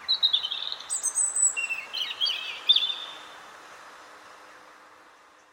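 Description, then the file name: European robin singing a varied, tinkling phrase of high warbled and trilled notes for about three seconds, then fading into quiet background hiss. "Erithacus rubecula"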